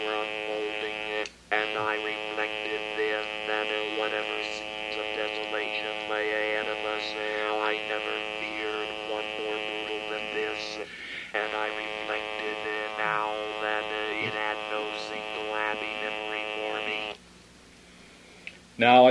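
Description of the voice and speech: Flat, monotone mechanical buzz voices a read passage, with brief pauses between phrases: electrolarynx speech produced with the device held against the throat, the artificial voice used after laryngectomy.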